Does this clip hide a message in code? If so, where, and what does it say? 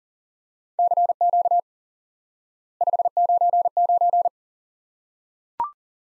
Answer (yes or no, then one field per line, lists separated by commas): yes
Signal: Morse code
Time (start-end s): 0.8-4.3 s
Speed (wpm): 43 wpm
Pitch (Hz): 700 Hz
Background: none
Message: CQ 599